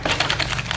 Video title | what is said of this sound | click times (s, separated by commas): DEEBOT OZMO 950 UNBOXING, TUTORIAL CARA PAKAI dan REVIEW LENGKAP | bunyi klik nah | 0.3 s, 0.4 s, 0.7 s